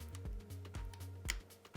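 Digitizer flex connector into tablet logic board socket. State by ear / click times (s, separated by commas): seated / 1.3 s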